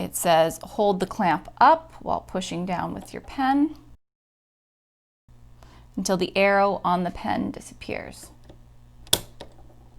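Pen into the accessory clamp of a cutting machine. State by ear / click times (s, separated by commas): seated / 9.1 s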